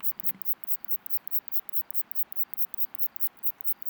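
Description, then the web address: Neduba shield-backed katydid song: faint, very high buzzy pulses repeated steadily about three to four times a second over a quiet hiss. "walker Buzz katydids neduba song"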